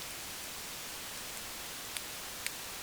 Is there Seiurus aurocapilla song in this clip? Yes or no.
no